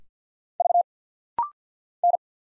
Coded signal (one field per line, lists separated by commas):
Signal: Morse code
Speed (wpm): 51 wpm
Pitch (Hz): 700 Hz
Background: none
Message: V N